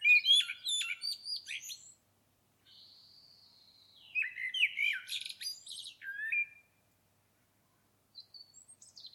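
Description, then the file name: Common blackbird singing: a twittering high burst, a drawn-out thin whistle, then a warbled phrase with squeaky notes, and a faint high twitter at the end. "Turdus merula"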